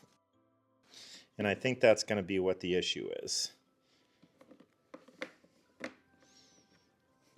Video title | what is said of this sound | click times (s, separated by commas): Brand New EGO 3 Gallon Wet Dry Vac - Initial Review & Comparison | Yeah, there's no click when it comes to it. | none